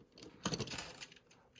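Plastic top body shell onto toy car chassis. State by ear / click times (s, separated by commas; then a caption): not seated / none. The plastic top body shell of a Crush Gear Turbo Garuda Phoenix White Version toy car is handled against its chassis, giving light plastic clicks and rattles from about 0.2 to 0.7 s, loudest near 0.5 s, before fading to quiet handling. Nothing has seated or snapped into place yet.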